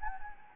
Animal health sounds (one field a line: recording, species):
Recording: mosquito wingbeat signal from an infrared sensor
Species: Anopheles gambiae